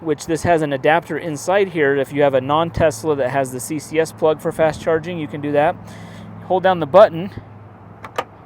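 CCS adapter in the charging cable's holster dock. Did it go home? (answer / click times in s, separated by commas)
released / 8.2 s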